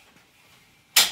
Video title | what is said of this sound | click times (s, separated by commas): How to use the loft ladder, part 1 | you hear it click it's in place and you're all done | 1.0 s